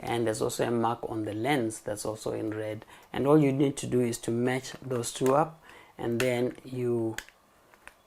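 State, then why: Seated. Someone talks while an interchangeable lens is lined up red mark to red mark on a Canon EOS R mirrorless camera body and twisted onto the bayonet mount until the lock pin engages. After the talking stops, a small tick is followed by a sharp, short click at 7.9 s as the lens seats and locks firmly onto the mount.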